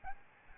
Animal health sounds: mosquito wingbeat signal from an infrared sensor; Aedes albopictus

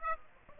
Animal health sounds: mosquito wingbeat signal from an infrared sensor; Aedes aegypti

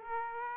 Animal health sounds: mosquito wingbeat signal from an infrared sensor; Aedes aegypti

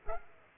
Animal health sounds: mosquito wingbeat signal from an infrared sensor; Culex quinquefasciatus

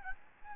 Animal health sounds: mosquito wingbeat signal from an infrared sensor; Aedes albopictus

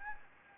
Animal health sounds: mosquito wingbeat signal from an infrared sensor; Anopheles arabiensis

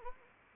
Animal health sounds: mosquito wingbeat signal from an infrared sensor; Anopheles arabiensis

